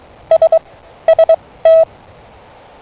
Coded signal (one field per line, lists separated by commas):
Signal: Morse code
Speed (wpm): 23 wpm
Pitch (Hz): 650 Hz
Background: none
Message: S ST